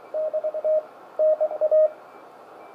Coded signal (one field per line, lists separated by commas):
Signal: Morse code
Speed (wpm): 23 wpm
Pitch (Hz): 620 Hz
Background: none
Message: DT NA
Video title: Homebrew Cheap Arduino CW (Morse) Decoder - Final Version.